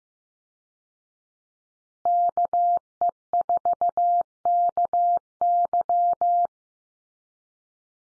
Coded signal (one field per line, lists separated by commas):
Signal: Morse code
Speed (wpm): 15 wpm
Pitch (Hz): 700 Hz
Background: none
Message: KE4KY